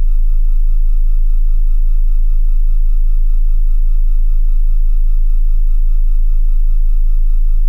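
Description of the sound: A steady, continuous low-pitched tone simulating tinnitus.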